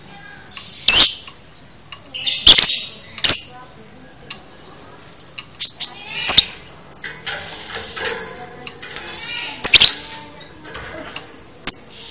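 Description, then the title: Lovebird chattering with loud shrill chirps and harsh squeaks, coming in irregular bursts alongside softer twittering notes. Used to train a lovebird to chatter in the "konslet" style. "Masteran Lovebird Konslet"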